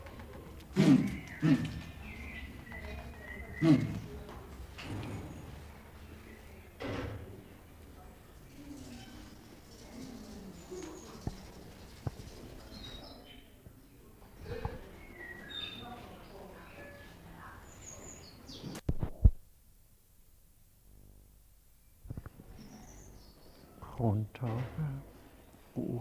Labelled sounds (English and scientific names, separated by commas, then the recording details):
Western Crowned Pigeon (Goura cristata) call
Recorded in captivity
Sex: male
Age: adult
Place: Zoo Berlin, Berlin, DE
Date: 1998-03-21 12:22
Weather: fair, ca. 0°C
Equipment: Nagra SN, Kopie Uher 4000 Report Monitor
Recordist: Tembrock, Günter
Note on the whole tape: Männchen: dunkle Kurzlaute (Vorstoßen gegen Weibchen)